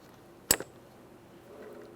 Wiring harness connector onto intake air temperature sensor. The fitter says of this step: continue on with your wiring harness press it in and listen for our click